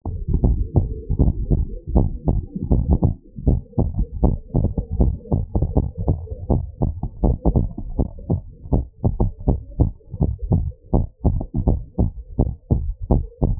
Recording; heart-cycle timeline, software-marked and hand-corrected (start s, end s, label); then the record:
heart sounds
0.00	0.02	systole
0.02	0.14	S2
0.14	0.42	diastole
0.42	0.56	S1
0.56	0.76	systole
0.76	0.88	S2
0.88	1.18	diastole
1.18	1.34	S1
1.34	1.56	systole
1.56	1.66	S2
1.66	1.94	diastole
1.94	2.10	S1
2.10	2.34	systole
2.34	2.44	S2
2.44	2.70	diastole
2.70	2.86	S1
2.86	3.04	systole
3.04	3.16	S2
3.16	3.46	diastole
3.46	3.60	S1
3.60	3.86	systole
3.86	3.96	S2
3.96	4.22	diastole
4.22	4.34	S1
4.34	4.58	systole
4.58	4.72	S2
4.72	4.98	diastole
4.98	5.14	S1
5.14	5.34	systole
5.34	5.44	S2
5.44	5.72	diastole
5.72	5.84	S1
5.84	6.08	systole
6.08	6.20	S2
6.20	6.48	diastole
6.48	6.62	S1
6.62	6.88	systole
6.88	6.96	S2
6.96	7.22	diastole
7.22	7.36	S1
7.36	7.58	systole
7.58	7.68	S2
7.68	7.94	diastole
7.94	8.06	S1
8.06	8.30	systole
8.30	8.42	S2
8.42	8.72	diastole
8.72	8.84	S1
8.84	9.06	systole
9.06	9.18	S2
9.18	9.46	diastole
9.46	9.58	S1
9.58	9.80	systole
9.80	9.92	S2
9.92	10.22	diastole
10.22	10.34	S1
10.34	10.52	systole
10.52	10.66	S2
10.66	10.94	diastole
10.94	11.04	S1
11.04	11.26	systole
11.26	11.38	S2
11.38	11.66	diastole
11.66	11.78	S1
11.78	12.00	systole
12.00	12.10	S2
12.10	12.38	diastole
12.38	12.50	S1
12.50	12.72	systole
12.72	12.86	S2
12.86	13.10	diastole
13.10	13.24	S1
13.24	13.48	systole
13.48	13.58	S2
13.58	13.60	diastole
From the record:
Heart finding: abnormal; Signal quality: good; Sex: male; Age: 61 years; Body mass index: 29.4